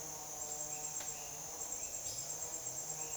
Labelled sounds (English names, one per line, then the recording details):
none
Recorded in dense forest near Puerto Asís, Putumayo, Colombia, on 22 June 2025 at 08:00
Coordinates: 0.484, -76.325
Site H65